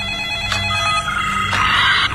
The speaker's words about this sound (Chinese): 原来是维多利亚给马文打来了电话。